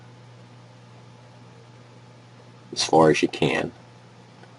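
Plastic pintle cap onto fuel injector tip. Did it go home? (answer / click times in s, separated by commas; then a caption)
no / none. A plastic pintle cap is twisted by thumb onto the tip of a fuel injector, as far as it will go, before being pressed home. Someone talks briefly over a steady low hum, and nothing has snapped or clicked into place yet.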